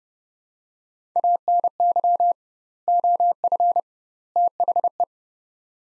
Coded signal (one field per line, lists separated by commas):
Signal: Morse code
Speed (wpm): 30 wpm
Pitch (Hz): 700 Hz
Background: none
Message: ANY OF THE